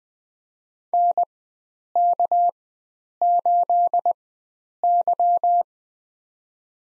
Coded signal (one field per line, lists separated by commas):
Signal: Morse code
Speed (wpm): 20 wpm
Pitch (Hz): 700 Hz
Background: none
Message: NK8Y